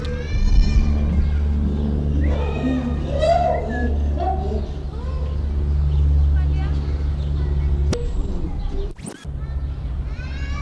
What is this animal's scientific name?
Pan troglodytes